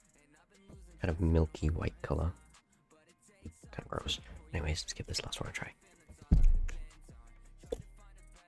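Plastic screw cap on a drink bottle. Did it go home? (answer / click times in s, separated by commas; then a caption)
released / 6.7 s. Someone talks, then twists open the plastic screw cap of a drink bottle, and the tamper seal breaks with a sharp click at 6.7 s. The cap is released, but the lid does not come completely off.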